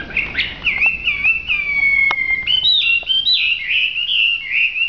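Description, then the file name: Hwamei song of long, clear slurred whistles that glide up and down, strung together without pause, with faint clicks behind. Singing in a lively, vigorous style called gacor. "audio hwamei gacor. omkicau"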